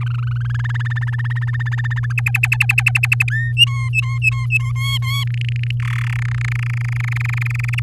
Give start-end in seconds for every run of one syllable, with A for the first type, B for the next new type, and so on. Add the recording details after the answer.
0.01-0.57 A, 0.59-2.13 B, 2.17-3.24 C, 3.28-3.52 D, 3.57-4.72 E, 4.76-5.24 F, 5.27-5.71 G, 5.80-6.11 H, 6.12-7.80 I. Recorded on 11 May 2018 at 05:36. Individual llb16